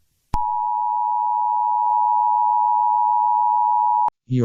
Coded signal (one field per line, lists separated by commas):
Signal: Emergency Alert System (SAME) tones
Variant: 853 and 960 Hz attention tone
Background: speech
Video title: EAS SCENARIO ( NORTH KOREAN BIO SUPERWEAPON)